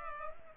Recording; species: mosquito wingbeat signal from an infrared sensor; Culex pipiens